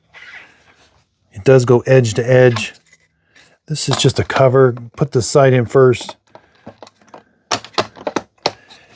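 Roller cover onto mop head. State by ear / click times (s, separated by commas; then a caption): seated / 8.5 s. Someone talks while fitting the plastic roller cover onto a Narwal mop head, hooking one side in first and then pressing it down. A series of short plastic clicks and knocks follows from about 7.5 s, ending in a sharp click at 8.5 s as the cover snaps into place and is seated.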